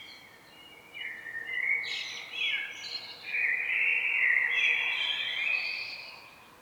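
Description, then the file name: Common blackbird song, warbled mid-pitched phrases with higher squeaky flourishes, several phrases running together. "Turdus merula"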